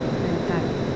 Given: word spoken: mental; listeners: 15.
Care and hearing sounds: one Spanish word in noise, from a listening test; speech-shaped noise; -5.0 dB; 0 of 15; 7 of 15; 0.56 s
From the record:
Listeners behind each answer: 7, 1, 1, 1, 1, 1, 1, 1, 1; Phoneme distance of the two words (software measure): 30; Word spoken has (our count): 2 syllables, 6 phonemes, stress on syllable 2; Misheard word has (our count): 2 syllables, 6 phonemes, stress on syllable 2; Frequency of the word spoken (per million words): 40.33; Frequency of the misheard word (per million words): 24.15

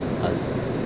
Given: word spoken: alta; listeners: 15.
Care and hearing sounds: one Spanish word in noise, from a listening test; speech-shaped noise; -4.6 dB; 0 of 15; 11 of 15; 0.46 s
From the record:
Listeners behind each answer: 11, 1, 1, 1, 1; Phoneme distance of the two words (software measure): 10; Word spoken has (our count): 2 syllables, 4 phonemes, stress on syllable 1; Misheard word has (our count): 2 syllables, 4 phonemes, stress on syllable 1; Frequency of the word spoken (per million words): 140.12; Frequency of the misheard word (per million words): 185.54

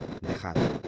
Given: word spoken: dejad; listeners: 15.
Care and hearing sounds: one Spanish word in noise, from a listening test; noise modulated by one talker; -8.9 dB; 1 of 15; 12 of 15; 0.48 s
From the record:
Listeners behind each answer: 12, 1, 1, 1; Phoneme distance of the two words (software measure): 10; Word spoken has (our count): 2 syllables, 5 phonemes, stress on syllable 2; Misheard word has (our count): 2 syllables, 5 phonemes, stress on syllable 2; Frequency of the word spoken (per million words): 0.97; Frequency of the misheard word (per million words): 147.47

